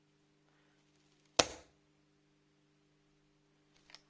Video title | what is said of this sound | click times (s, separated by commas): Utiliser Anapen Adrénaline | on a entendu le déclic c'est le signe que l'aiguille est sorti du dispositif et rentrer dans la | 1.4 s